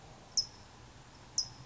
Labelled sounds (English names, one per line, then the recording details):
California Towhee
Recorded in Sonoma County, California